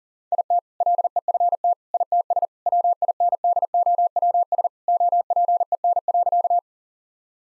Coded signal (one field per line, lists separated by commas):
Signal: Morse code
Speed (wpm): 40 wpm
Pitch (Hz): 700 Hz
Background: none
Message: IT LEFT ITS WINDOWS OPEN.